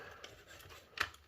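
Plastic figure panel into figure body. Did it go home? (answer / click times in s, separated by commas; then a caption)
yes / 1.0 s. A plastic panel of a Takara Transformers MP-57 Skyfire robot figure is pushed back into the figure's body. After faint handling sounds, a single sharp click rings out at 1.0 s as the part seats into place.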